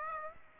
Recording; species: mosquito wingbeat signal from an infrared sensor; Aedes aegypti